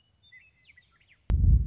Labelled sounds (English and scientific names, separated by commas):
Western Meadowlark (Sturnella neglecta)